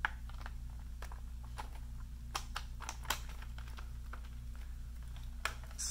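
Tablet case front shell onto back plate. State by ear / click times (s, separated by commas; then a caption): seated / 0.0 s, 2.4 s, 2.6 s, 2.9 s, 3.1 s, 5.4 s. The plastic front shell of a rugged, intrinsically safe iPad 10.5-inch case (Class 1 Division 2, ATEX Zone 2) is pressed onto its back plate, and its clips snap in one after another with sharp clicks at 0.1, 2.4, 2.6, 2.9, 3.1 and 5.5 seconds over a steady low hum. The front shell ends up seated on the back plate.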